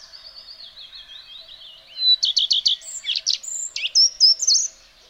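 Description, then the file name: Common redstart song opening with quiet high twitters, then four quick repeated bright notes and a jumbled tail of scratchy, whistled high notes. "colirrojo-real Phoenicurus-phoenicurus"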